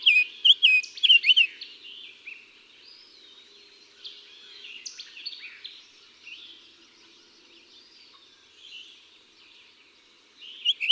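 Summer tanager: a brief burst of slurred whistled notes opens, then mostly faint bird sounds until a short loud phrase at the end.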